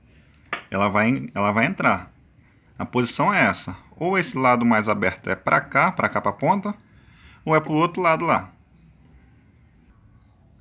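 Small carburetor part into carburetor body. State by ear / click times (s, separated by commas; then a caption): not seated / none. During reassembly of a Yamaha YBR 125 carburetor, a small carburetor part is handled and turned to check which way its more open side should face before it goes into the carburetor body. Someone talks throughout, and a sharp sound is heard at 0.5 s. Nothing has seated or clicked into place yet by the end of the clip.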